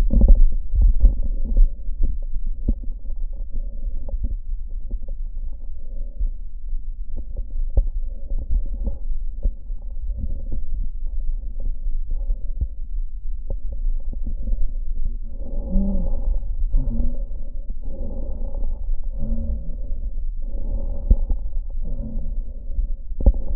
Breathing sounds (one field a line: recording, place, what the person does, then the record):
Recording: lung sounds by stethoscope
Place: right posterior basal chest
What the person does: quiet breathing, then deep breathing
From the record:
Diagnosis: interstitial lung disease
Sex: female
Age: 72 years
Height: 153 cm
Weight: 71 kg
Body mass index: 30.3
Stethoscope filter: diaphragm mode